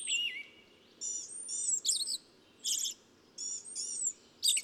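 Bird song: high chirpy phrases in short bursts with pauses, a sweeping whistle at the start, over a faint low hiss.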